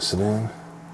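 A second RAM memory module is being pressed toward its DIMM slot on a motherboard while someone talks briefly over a short hiss, followed by a low steady hum. Nothing has seated or clicked yet; the module is not yet home.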